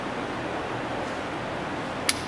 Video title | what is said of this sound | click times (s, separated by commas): GR86 Gear Oil Change (Easy DIY) | There we go. There's the click. | 2.1 s